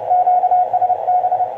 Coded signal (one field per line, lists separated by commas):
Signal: Morse code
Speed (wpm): 27 wpm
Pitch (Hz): 720 Hz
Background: radio noise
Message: QSB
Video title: Rodada da Molecada 7020 Magloop e QCX QRP 40m